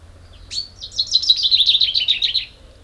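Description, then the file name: Common chaffinch song: one bright, rattling phrase of quick notes, lasting about two seconds. "Fringilla coelebs"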